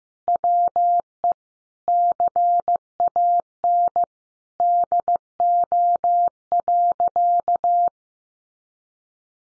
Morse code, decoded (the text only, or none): WE CAN DO.